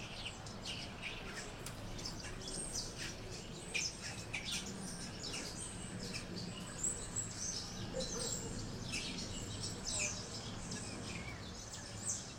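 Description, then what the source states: Birds chirping, scattered thin high chirps and short tweets repeating throughout, over a steady low rumble of background noise. Birds on a tree.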